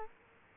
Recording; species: mosquito wingbeat signal from an infrared sensor; Culex quinquefasciatus